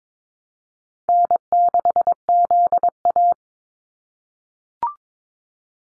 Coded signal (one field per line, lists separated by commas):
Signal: Morse code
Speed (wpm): 22 wpm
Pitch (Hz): 700 Hz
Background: none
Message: N6ZA